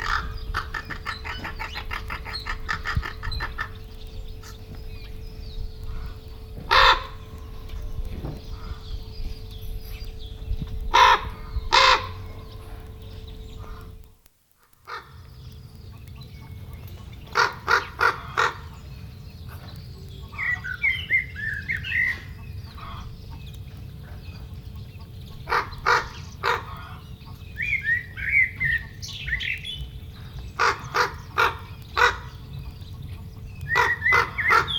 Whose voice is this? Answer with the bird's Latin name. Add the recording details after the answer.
Corvus corax. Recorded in captivity. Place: Serrahn, Mecklenburg-Vorpommern, DE. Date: 1969-05-10. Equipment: Nagra III BH, Sennheiser MD 421. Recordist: Schubert, Michael. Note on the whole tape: Kolkrabe in der Voliere, Hauptrufe und Imitationen wie Hundebellen, Hühner-/Hahnlaute